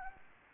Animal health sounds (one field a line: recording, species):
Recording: mosquito wingbeat signal from an infrared sensor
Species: Anopheles arabiensis